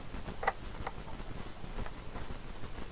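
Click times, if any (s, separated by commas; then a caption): none. A USB cable plug is handled at the socket of a small Korg microKEY-37 MIDI keyboard controller. Faint handling ticks and taps are heard, the sharpest near 0.5 s, with softer ones around 0.9 s and 1.9 s over a low, steady background. Nothing has seated or clicked yet.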